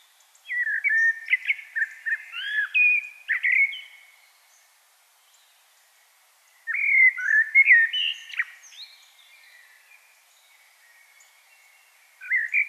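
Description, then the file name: Common blackbird song: two long phrases of mellow, varied fluting whistles separated by a pause, with another phrase starting at the very end. "Turdus merula"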